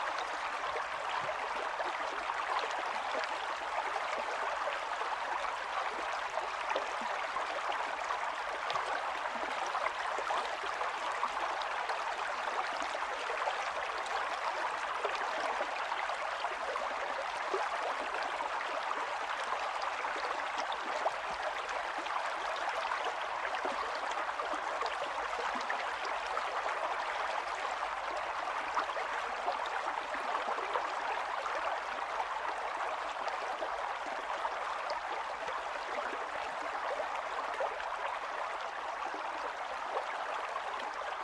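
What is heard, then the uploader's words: A gentle stream runs steadily throughout, a dense, even wash of splashing and bubbling water with no breaks or surges. The sound sits in the middle and upper range, bright but soft, with little low rumble and no other sounds. Gentle Stream. River nature.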